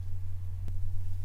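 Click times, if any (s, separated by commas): none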